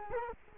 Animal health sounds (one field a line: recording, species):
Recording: mosquito wingbeat signal from an infrared sensor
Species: Culex quinquefasciatus